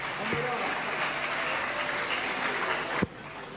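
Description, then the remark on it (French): Dense, steady applause from a live show audience welcoming the band, filling the whole stretch as a continuous crackling wash at even loudness, broken near the end by a single sharp knock. “Merci d'applaudir encore plus fort”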